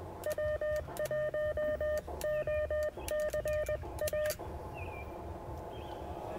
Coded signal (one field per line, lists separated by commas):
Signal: Morse code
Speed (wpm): 20 wpm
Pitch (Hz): 610 Hz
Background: none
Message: W1OCA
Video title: Amateur radio Field Day 2011